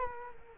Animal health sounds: mosquito wingbeat signal from an infrared sensor; Culex quinquefasciatus

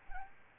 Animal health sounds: mosquito wingbeat signal from an infrared sensor; Aedes albopictus

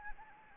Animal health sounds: mosquito wingbeat signal from an infrared sensor; Anopheles gambiae

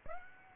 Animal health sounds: mosquito wingbeat signal from an infrared sensor; Aedes aegypti

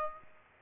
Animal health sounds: mosquito wingbeat signal from an infrared sensor; Aedes aegypti

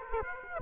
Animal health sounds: mosquito wingbeat signal from an infrared sensor; Aedes aegypti

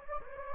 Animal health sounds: mosquito wingbeat signal from an infrared sensor; Anopheles gambiae

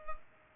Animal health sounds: mosquito wingbeat signal from an infrared sensor; Culex pipiens

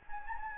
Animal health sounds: mosquito wingbeat signal from an infrared sensor; Anopheles gambiae

